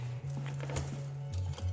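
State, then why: Not seated. A margin stop on the carriage rail of a 1923 Underwood 3-bank typewriter is pushed down and slid along the rail, giving brief metallic scraping and tapping sounds over a steady low hum. Nothing has seated or clicked into place yet.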